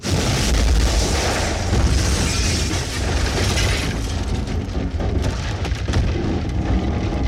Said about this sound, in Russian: А когда объект, промелькнувший над Кандлтоном, исчез, словно никогда и не появлялся, и город вернулся к тому состоянию, что последние 2,5 столетия заменяло прежнюю жизнь, его настигла ударная волна, громыхнула над городом впервые за 7 последних лет.